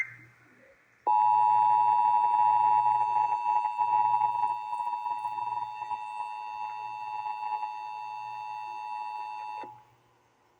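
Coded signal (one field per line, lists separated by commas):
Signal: Emergency Alert System (SAME) tones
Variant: 853 and 960 Hz attention tone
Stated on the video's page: Severe thunderstorm and flash flood warnings received on AM broadcast station and NOAA weather radio transmitter.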